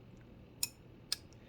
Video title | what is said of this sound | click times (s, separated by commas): Craig Brown Mini FSD Review - Worth the Hype? | it snaps into place like that and then the knife is secure | 0.6 s, 1.1 s